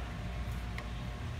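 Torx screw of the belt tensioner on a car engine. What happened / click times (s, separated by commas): The Torx screw head stripped under the key / 0.8 s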